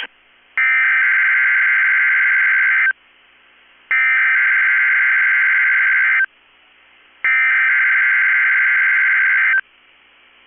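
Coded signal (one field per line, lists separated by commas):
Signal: Emergency Alert System (SAME) tones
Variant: header bursts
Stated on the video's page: Emergency alert tones of a required weekly test from a weather radio station.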